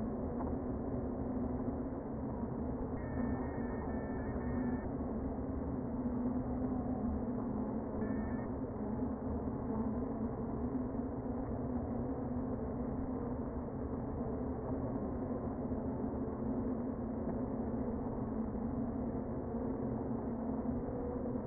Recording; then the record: honeybee colony, microphone inside the hive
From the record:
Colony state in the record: queen present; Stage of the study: before two queens were removed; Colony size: about 60,000 bees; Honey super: yes